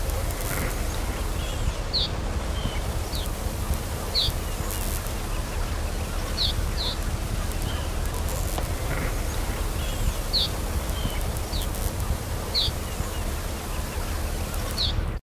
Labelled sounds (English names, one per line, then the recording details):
Reed Bunting call
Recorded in the wild
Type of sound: call
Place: Norderney, Niedersachsen, DE
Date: 1973-10-07
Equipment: Halbspur, 9,5 cm/s
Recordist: Lütgens, Hans
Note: Zugruf